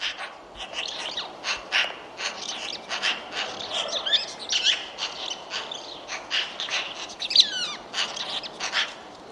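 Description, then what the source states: Bird giving lively, overlapping chirps and twitters, fast and irregular, with a couple of descending whistled slurs near the end. Call labelled "Pi Pi Pi Pi".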